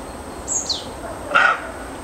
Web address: Odgłos sarny